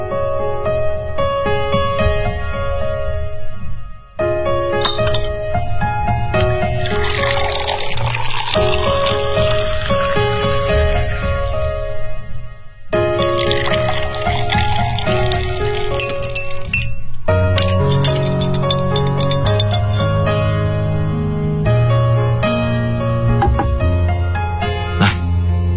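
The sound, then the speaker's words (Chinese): Glass clinks and ice rattles as a cocktail of egg liqueur, lime juice, sherry, soda water and ice, called a Snowball, is mixed, with bursts of pouring liquid in between. A steady background tone with bright ringing clinks runs throughout, and no one speaks. “这是你的鸡尾酒，它是由鸡蛋利口酒、青柠汁、雪莉酒、苏打水和冰块调成的，名字叫做雪球。”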